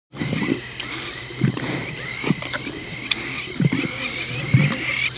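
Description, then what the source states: Lion licking, repeated coarse rasping strokes at an uneven pace about once per second against a constant background whine. Lion licking its paws.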